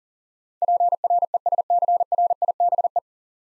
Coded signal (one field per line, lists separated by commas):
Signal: Morse code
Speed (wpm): 40 wpm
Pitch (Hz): 700 Hz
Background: none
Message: PRESCRIBE